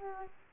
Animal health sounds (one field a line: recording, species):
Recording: mosquito wingbeat signal from an infrared sensor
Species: Aedes aegypti